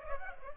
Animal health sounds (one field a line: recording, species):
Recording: mosquito wingbeat signal from an infrared sensor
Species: Culex pipiens